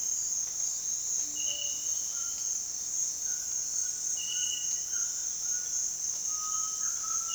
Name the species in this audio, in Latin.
Ramphastos tucanus, Crypturellus undulatus